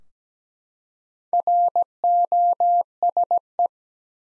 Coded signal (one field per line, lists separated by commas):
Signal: Morse code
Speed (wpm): 17 wpm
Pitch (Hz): 700 Hz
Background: none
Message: ROSE